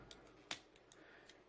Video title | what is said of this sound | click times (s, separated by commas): Beast Wars Transmetal Sonar - ArcNeo Reviews | this piece back up clicks | 0.5 s